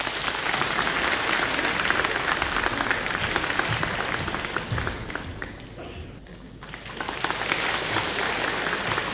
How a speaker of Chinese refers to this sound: 哎呀，上来就有掌声啊，这掌声是给我的吗？